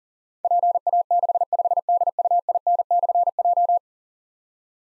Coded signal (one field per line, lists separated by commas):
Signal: Morse code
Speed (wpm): 42 wpm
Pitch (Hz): 700 Hz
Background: none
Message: PA65DUIN/J